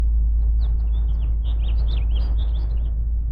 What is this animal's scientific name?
Haemorhous mexicanus